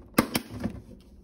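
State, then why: Not seated. A plastic water reservoir is handled as it is pushed toward its place in the body of an Avalon A9-2 water cooler. Sharp knocks land at about 0.2 s and 0.4 s, with a softer one near 0.6 s. The reservoir has not seated or clicked into place yet.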